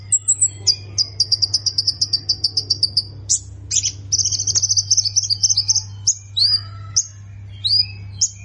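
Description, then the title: Plain prinia mixing buzzy trills with sharp, sweeping high notes, the rhythm changing from fast ticking to separate slurred calls; low background hum. "Ciblek Sawah"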